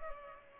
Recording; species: mosquito wingbeat signal from an infrared sensor; Culex pipiens